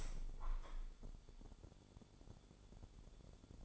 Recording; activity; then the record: daily activity, microphone in the room; open window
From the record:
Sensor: 5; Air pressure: 1015.0 hPa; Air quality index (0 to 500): 108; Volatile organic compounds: 2 ppm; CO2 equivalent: 1163 ppm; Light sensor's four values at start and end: 35/81/33/31 and 35/81/33/31